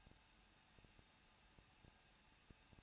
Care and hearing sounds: daily activity, microphone in the room; no activity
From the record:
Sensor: 2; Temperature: 21.0 degrees Celsius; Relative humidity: 37.3%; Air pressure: 1006.2 hPa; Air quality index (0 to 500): 221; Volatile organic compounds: 23 ppm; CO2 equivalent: 2796 ppm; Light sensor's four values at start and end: 2/3/2/2 and 2/3/2/2

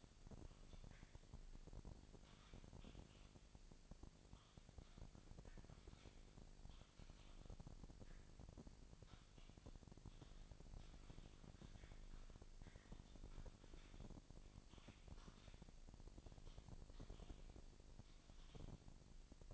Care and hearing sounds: daily activity, microphone in the room; typing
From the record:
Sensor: 5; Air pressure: 999.3 hPa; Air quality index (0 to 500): 229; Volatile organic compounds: 24 ppm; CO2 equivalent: 2798 ppm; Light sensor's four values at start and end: 34/79/31/30 and 34/79/31/30

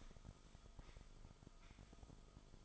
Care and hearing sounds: daily activity, microphone in the room; sweep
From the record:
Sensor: 5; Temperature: 24.0 degrees Celsius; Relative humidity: 36.6%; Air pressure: 1004.8 hPa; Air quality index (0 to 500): 95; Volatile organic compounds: 2 ppm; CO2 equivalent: 1146 ppm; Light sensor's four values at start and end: 34/79/32/30 and 34/79/32/31

